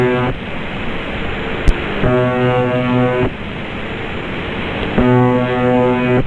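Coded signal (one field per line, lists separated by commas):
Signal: channel marker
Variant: UVB-76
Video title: Sound of UVB-76 The Buzzer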